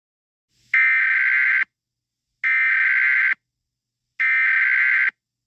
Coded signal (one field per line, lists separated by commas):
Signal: Emergency Alert System (SAME) tones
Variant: header bursts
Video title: EAS SCENARIO 18: Elephant E.X.E